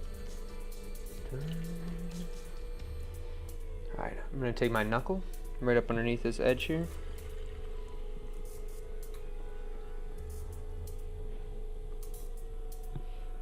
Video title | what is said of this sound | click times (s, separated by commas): Pottery Demo 5/17/2024 | and so I can tell this bat isn't fully leveled right so you can kind of hear it click as I'm pushing down so I think I have some clay in one of the bat pin holes | 10.9 s, 12.0 s, 12.1 s, 12.7 s